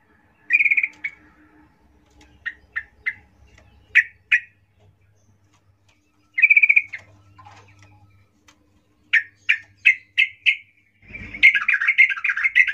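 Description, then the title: Yellow-vented Bulbul song: scattered sharp chirps and a short burst, then a quick series of clipped notes, ending in a dense bubbling run. Trucuk singing in the lively ropel ngalas style, used as a lure to prompt other trucuk birds to sing. "GACOR Ropel Ngalas Pancingan Trucukan Agar Bunyi Jadikan Burung Trucuk"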